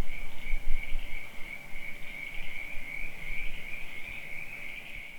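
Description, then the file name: Crickets trilling in a continuous high shimmering chorus, steady throughout, over a broad low rumble of background noise. At night on rural property. "Night Crickets Ambience on Rural Property"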